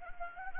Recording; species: mosquito wingbeat signal from an infrared sensor; Anopheles gambiae